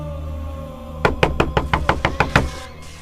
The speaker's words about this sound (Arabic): يقولي ما هو مش معقول كل ده بخبط على الباب وإنتي مش سمعاني.